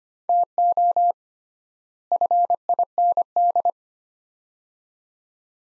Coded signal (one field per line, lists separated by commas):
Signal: Morse code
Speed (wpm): 25 wpm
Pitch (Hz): 700 Hz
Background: none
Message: TO FIND